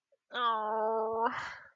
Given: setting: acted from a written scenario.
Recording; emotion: vocal sound without words; guilt